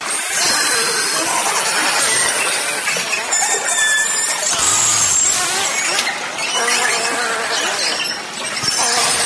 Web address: valaat beluga